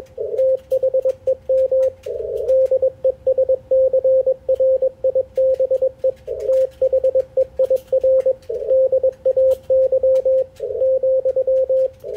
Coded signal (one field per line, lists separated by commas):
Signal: Morse code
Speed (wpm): 21 wpm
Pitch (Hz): 530 Hz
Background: radio noise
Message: THEM DESCRIBE THEIR DAY ,